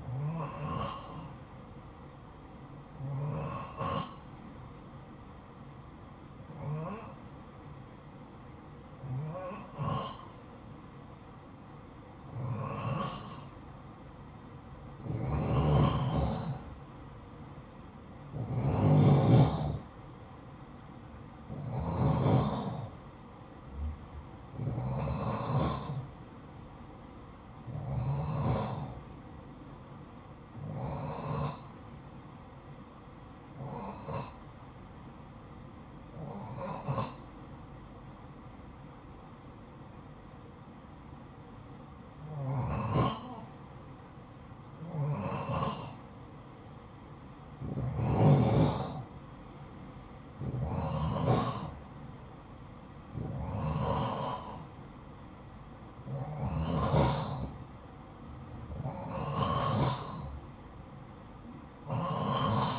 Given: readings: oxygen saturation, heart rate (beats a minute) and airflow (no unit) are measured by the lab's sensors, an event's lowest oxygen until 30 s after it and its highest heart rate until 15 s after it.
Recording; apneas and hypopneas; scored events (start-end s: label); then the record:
breathing in sleep by a smartphone at the bedside; 2
4.00-20.00 s: hypopnea (N2, oxygen 93% highest, then 90% lowest, heart rate 56 at the start, 60 highest)
34.00-53.20 s: hypopnea (N2, oxygen 92% highest, then 89% lowest, heart rate 56 at the start, 58 highest)
From the record:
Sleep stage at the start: N2 (light sleep); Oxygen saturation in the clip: 89 to 94%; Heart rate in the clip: 52 to 60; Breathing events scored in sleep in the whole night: 573 in 9.8 hours asleep